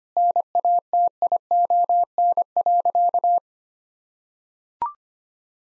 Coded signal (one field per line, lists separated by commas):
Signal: Morse code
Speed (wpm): 25 wpm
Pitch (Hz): 700 Hz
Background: none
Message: NATION.